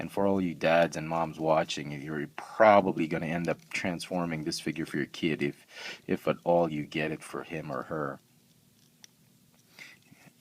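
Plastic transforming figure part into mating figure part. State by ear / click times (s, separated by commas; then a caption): not seated / none. Someone talks for about eight seconds while pushing a plastic part of a Transformers Prime Beast Hunters deluxe Soundwave figure into its mating part to form the drone mode, followed by near silence with faint handling sounds. The parts have not snapped together, and nothing has clicked yet.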